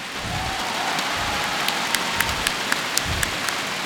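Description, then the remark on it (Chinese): A large audience at a 2009 concert at the Hong Kong Coliseum applauding, a dense, steady wash of clapping that holds at an even loudness, with a few sharper individual claps popping out above it. No one speaks. “俾掌声佢哋”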